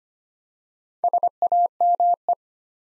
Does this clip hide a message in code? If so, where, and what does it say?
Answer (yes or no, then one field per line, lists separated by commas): yes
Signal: Morse code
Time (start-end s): 1.0-2.3 s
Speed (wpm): 25 wpm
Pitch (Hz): 700 Hz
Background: none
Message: SAME